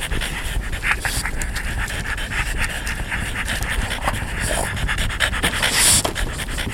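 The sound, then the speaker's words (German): Dogs pant steadily, a fast breathy rhythm of rasping huffs that runs without pause for several seconds, with a brief sharper, brighter burst near the end. “Die Hunde kicherten.”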